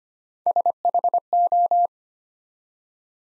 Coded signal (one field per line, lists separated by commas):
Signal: Morse code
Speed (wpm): 25 wpm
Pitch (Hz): 700 Hz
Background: none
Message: SHO